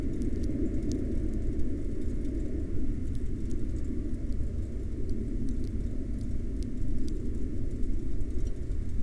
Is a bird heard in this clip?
no